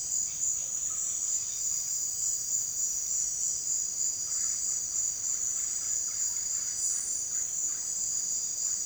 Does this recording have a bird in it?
yes